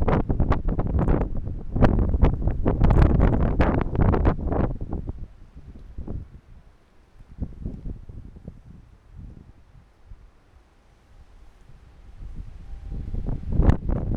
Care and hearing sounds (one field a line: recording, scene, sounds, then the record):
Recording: everyday scene through a hearing-aid microphone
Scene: wind on the microphone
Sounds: squally wind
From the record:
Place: parking lot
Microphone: behind the ear, right, rear